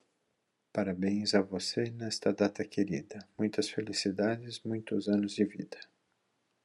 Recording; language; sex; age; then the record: short text; Brazilian Portuguese; male; 50 to 59 years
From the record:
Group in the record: control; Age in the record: 59 years